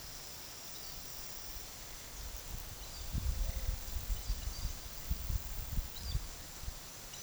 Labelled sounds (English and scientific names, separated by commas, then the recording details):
Chestnut-eared Aracari (Pteroglossus castanotis)
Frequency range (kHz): Chestnut-eared Aracari (Pteroglossus castanotis) 2.1-5.5 kHz
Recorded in pastures near Puerto Asís, Putumayo, Colombia, on 20 February 2024 at 13:00
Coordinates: 0.466, -76.323
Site G6384